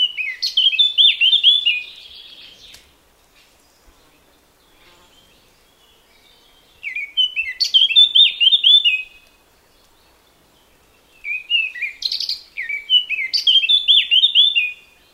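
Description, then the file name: Eurasian blackcap singing three bursts of rich warbling, separated by quiet pauses. "blackcap"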